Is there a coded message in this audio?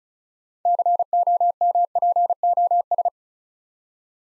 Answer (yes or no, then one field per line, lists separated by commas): yes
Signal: Morse code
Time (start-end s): 0.7-3.1 s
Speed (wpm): 35 wpm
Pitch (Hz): 700 Hz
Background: none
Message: COMPOS